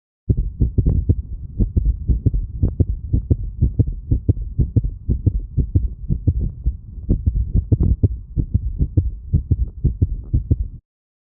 Recording from a dog with frequent premature beats.